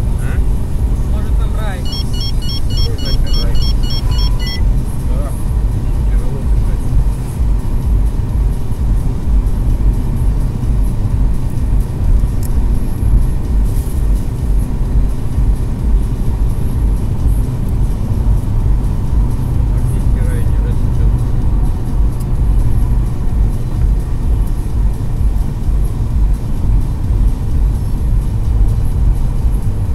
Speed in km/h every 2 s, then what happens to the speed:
99, 99, 99, 99, 98, 98, 98, 98, 98, 96, 94, 93, 91, 90, 88.
0-16 steady at about 98. 16-30 slows to 88.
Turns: none.